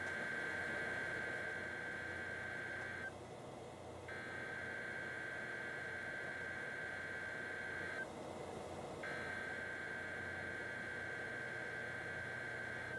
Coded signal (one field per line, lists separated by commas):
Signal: Emergency Alert System (SAME) tones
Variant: header bursts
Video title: EAS #33: That Postponed Weekly Test | KHB36